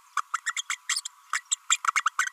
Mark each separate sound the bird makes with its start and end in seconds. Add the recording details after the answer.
0.17-0.21, 0.33-0.40, 0.46-0.53, 0.56-0.62, 0.69-0.77, 0.89-1.01, 1.05-1.07, 1.33-1.41, 1.51-1.56, 1.69-1.77, 1.87-1.92, 2.05-2.09, 2.18-2.26. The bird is a female. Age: 32 days. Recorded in a nest box in Venezuela. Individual 17B32A5